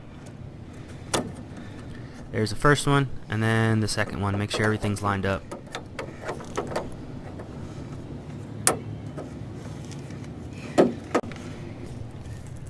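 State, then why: Seated. A fuel line quick-connect fitting is lined up and pushed onto the nipple of an in-line fuel filter on a 1998 Buick while someone talks. A sharp click at 8.7 s marks the fitting seating on the filter, and a few fainter taps and knocks follow.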